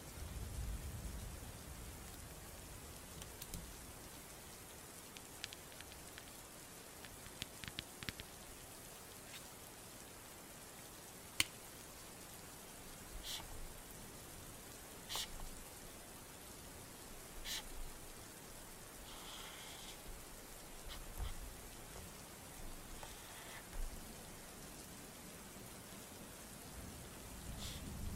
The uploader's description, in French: sons ASMR et de pluie